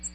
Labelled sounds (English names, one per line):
American Redstart flight call